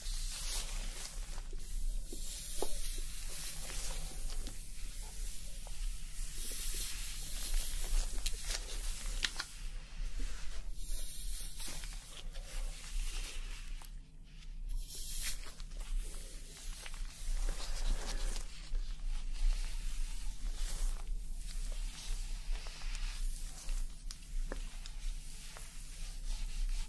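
A scalp massage and hair wash gives steady wet rubbing and foamy crackle, with bright fizzy bursts coming and going over a constant low hum.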